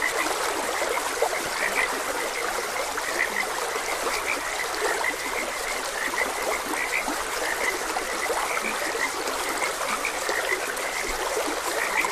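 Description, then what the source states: Frogs croaking in a steady chorus of short, bright notes over the continuous rush and trickle of a stream. Frogs croaking beside a gentle stream.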